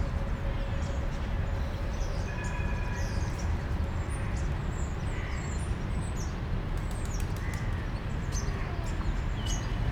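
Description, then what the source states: European starling calls, scattered high whistles and short clicking chatter over a steady low rumble of traffic. Starlings in plane trees at Parc Pierron, Molenbeek-Saint-Jean, Brussels, Belgium; car and tram traffic also present; recorded with Lom mikroUsi AB microphones into a Deity PR-2.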